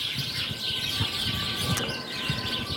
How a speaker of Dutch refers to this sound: En al jaren, ook dit jaar, staan deze heerlijke kwetteraars op één. De huismussen.